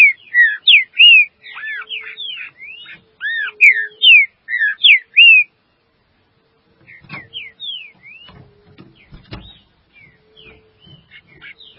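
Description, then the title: Green-winged saltator song: a long, loud run of quick, sweet downslurred whistles, then quieter scattered notes with light clicking and tapping in the background. "Trinca Ferro"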